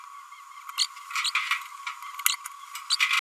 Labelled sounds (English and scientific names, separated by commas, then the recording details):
Green-rumped Parrotlet (Forpus passerinus) babbling
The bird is a female
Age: 32 days
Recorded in a nest box in Venezuela
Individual 17B102A5